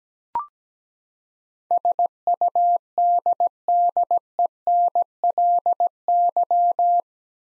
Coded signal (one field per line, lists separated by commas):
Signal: Morse code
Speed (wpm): 17 wpm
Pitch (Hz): 700 Hz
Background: none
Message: SUDDENLY